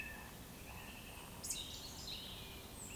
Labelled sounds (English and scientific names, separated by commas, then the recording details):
Eurasian Woodcock (Scolopax rusticola) whistle, Eurasian Woodcock (Scolopax rusticola) croak
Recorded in Baden-Württemberg, Germany, on 19 May 2020 at 19:19 UTC
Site 31917, 145 m above sea level